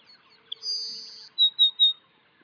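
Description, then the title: Grassland sparrow singing one short high note, a steady high buzz lasting about three-quarters of a second, then three quick, thin notes in a row. "LuckyPassaro Completos2Sama. Grassland Sparrow (Ammodramus humeralis)"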